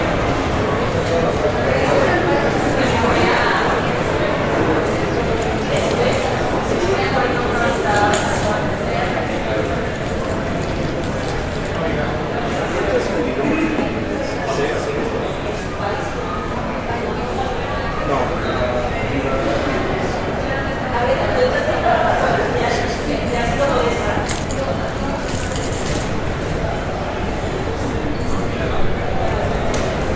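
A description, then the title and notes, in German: Inside an airport terminal hall, a dense, steady murmur of many overlapping voices fills the space without a break. Scattered footsteps and small clatters surface now and then, with a faint higher hiss above the crowd, keeping the level even throughout. Entspannende Geräusche aus der Flughafen-Abfertigungshalle.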